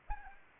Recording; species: mosquito wingbeat signal from an infrared sensor; Anopheles arabiensis